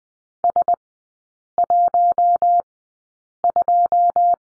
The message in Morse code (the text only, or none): S12